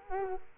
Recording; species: mosquito wingbeat signal from an infrared sensor; Culex quinquefasciatus